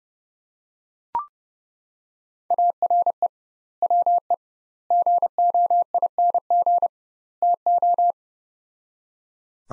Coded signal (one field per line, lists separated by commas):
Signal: Morse code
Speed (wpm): 30 wpm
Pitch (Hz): 700 Hz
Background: none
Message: ARE WE GOING TO